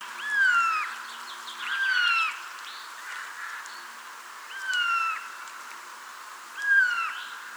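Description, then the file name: Eurasian jay giving clear, downslurred mewing whistles, four notes at irregular intervals with quieter calls in the background. "Garrulus glandarius"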